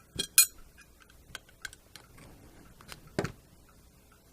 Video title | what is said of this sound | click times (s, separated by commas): M1 Garand Disassembly with Trigger Group and Bolt | it'll just snap right into place there you | 0.4 s